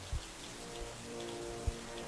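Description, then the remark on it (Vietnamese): Steady heavy rain hisses throughout while rainwater from outside drips through gaps in a tiled roof, with a few louder, dull drops landing at irregular moments. No one speaks. “Hôm nay mưa to, nước từ bên ngoài theo những khe rột cứ nhỏ xuống tí tách.”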